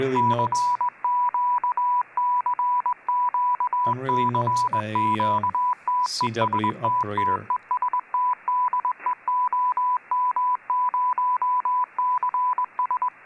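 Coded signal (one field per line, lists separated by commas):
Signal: Morse code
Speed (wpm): 21 wpm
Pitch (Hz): 1000 Hz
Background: speech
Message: CQCQCQTESTTESTDEOM0CS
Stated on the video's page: UHF contest on an ICOM IC-9700 at 70 W with an 8-element Yagi.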